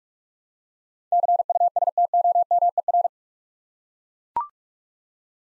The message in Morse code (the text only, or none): CUSTOMER